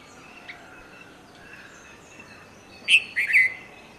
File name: Red vented Bulbul songs